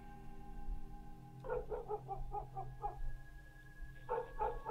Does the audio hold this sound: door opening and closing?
no